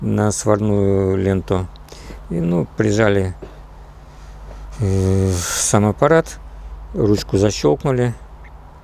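Someone talks while handling the locking handle on the lid of a CASO VRH 690 Advanced vacuum sealer, pressing it down toward its latched position. The clip ends before the handle goes home; nothing has latched or clicked yet.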